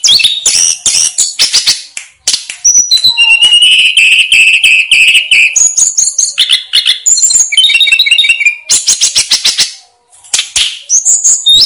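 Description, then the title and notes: Snowy-browed flycatcher song, a fast run of high chirps and thin whistles with a sustained trill near the middle and brief pauses between bursts. Master recording used to train cage birds. "Masteran Tledekan Gunung Sikatan Gunung. BURUNG TLEDEKAN"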